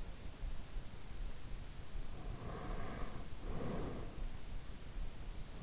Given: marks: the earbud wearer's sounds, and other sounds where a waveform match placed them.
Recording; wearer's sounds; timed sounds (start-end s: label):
sounds in sleep by an in-ear microphone; breath
1.92-4.32 s: breath